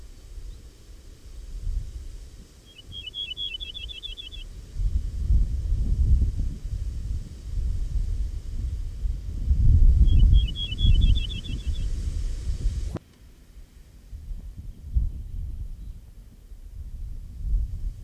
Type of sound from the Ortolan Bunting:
song